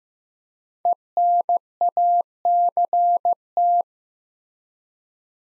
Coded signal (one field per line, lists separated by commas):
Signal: Morse code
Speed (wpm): 15 wpm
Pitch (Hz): 700 Hz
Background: none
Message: ENACT